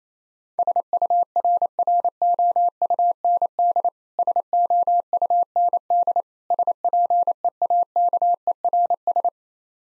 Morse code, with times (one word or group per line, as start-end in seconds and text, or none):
0.6-3.9 SURROUND
4.2-6.2 SOUND
6.5-9.3 SPEAKERS